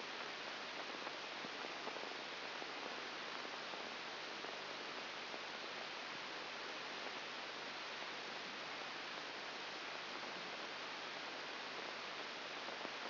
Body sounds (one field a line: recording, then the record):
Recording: brain microelectrode recording played as sound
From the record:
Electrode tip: outside the subthalamic nucleus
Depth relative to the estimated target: -6 mm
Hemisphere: right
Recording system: AlphaMap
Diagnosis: Parkinson's disease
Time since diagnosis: 8 years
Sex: male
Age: 57 years